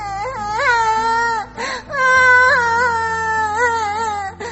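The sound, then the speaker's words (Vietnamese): A baby wails loudly in long, rising and falling high-pitched cries, broken by a few short gasping breaths, with no talking over it. “Trong giây phút đó, bà đã nghe được tiếng khóc rất là lớn của đứa cháu đã mất.”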